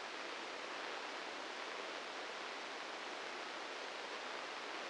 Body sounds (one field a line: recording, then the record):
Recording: brain microelectrode recording played as sound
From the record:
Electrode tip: inside the subthalamic nucleus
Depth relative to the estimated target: 1 mm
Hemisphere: right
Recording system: NeuroSet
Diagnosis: Parkinson's disease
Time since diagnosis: 13 years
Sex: male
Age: 66 years